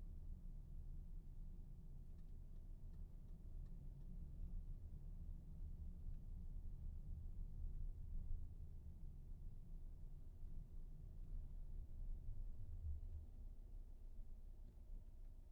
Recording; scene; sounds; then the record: everyday scene through a hearing-aid microphone; in a vehicle; engine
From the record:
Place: VW T5 Caravelle, diesel engine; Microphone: behind the ear, right, front